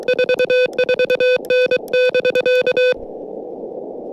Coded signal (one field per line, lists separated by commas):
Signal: Morse code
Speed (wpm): 24 wpm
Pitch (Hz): 500 Hz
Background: none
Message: 44N <BK>